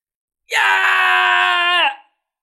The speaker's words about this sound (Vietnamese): Chỉ tôn đế tộc gào thét đầy tức giận cũng như sợ hãi, nơi bả vai của hắn nổ tung, máu tươi chảy dài, nhuộm đỏ nửa người, thân thể lão đảo lùi về sau.